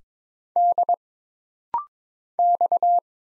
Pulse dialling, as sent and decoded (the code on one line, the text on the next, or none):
none